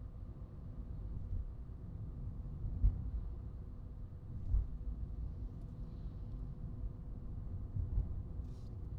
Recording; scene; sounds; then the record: everyday scene through a hearing-aid microphone; in a vehicle; engine, highway traffic jam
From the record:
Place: Skoda Fabia, gasoline engine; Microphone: in the ear canal, right